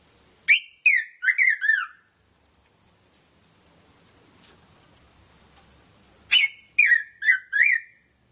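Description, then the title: Red-throated parrotfinch uttering a rapid string of five descending chirps, a pause of about four seconds, then a similar falling series. "Erythrura Psittacea"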